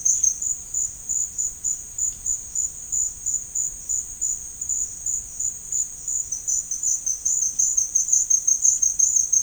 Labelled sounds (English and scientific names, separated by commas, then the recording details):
none
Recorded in dense forest near Puerto Asís, Putumayo, Colombia, on 22 June 2025 at 13:00
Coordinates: 0.481, -76.323
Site G072